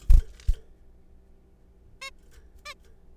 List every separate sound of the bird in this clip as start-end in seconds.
2.02-2.10, 2.66-2.74